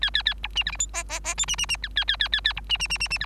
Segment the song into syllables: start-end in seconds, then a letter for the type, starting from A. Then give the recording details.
0.01-0.10 A, 0.14-0.22 A, 0.25-0.34 A, 0.43-0.48 B, 0.55-0.63 C, 0.66-0.71 D, 0.72-0.78 E, 0.79-0.87 F, 0.93-1.03 G, 1.09-1.20 G, 1.24-1.34 G, 1.37-1.46 H, 1.48-1.56 C, 1.58-1.66 C, 1.69-1.77 C, 1.82-1.88 I, 1.96-2.04 A, 2.08-2.17 A, 2.19-2.29 A, 2.32-2.41 A, 2.44-2.53 A, 2.56-2.61 B, 2.69-2.77 C, 2.79-2.88 C, 2.90-2.98 C, 3.00-3.08 C, 3.10-3.18 C, 3.20-3.26 D. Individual Bird3